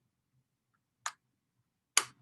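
A sewing machine presser foot is taken off and snapped back onto the machine's metal shank, after an earlier fit made no audible snap. A quieter sharp click sounds at 1.1 s, then a loud, sharp snap at 2.0 s as the presser foot seats on the shank.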